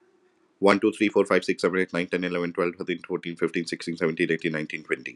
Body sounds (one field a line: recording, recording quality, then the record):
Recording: counting at a fast pace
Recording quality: excellent, no background noise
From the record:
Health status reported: healthy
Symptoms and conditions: hypertension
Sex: male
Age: 48 years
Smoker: not ticked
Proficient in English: yes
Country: India